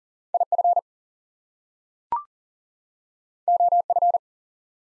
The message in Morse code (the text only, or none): IF OF